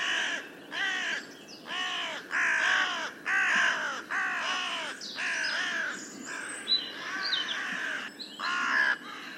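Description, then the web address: Bird giving loud, harsh, arched calls in a steady series, roughly one per second, with a second higher, squeakier voice joining toward the end. "cianscape. Deverinetal. Bird Only"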